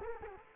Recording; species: mosquito wingbeat signal from an infrared sensor; Culex quinquefasciatus